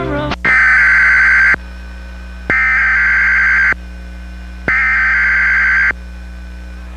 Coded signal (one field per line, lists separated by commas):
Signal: Emergency Alert System (SAME) tones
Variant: header bursts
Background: speech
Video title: March 28, 2008 - This Is a Test - Emergency Alert System